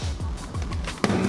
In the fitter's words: until you hear the click now